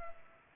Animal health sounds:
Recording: mosquito wingbeat signal from an infrared sensor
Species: Culex pipiens

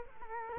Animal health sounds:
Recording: mosquito wingbeat signal from an infrared sensor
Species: Culex quinquefasciatus

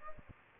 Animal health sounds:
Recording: mosquito wingbeat signal from an infrared sensor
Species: Aedes aegypti

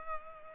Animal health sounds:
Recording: mosquito wingbeat signal from an infrared sensor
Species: Culex pipiens

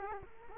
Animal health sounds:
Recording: mosquito wingbeat signal from an infrared sensor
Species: Culex quinquefasciatus

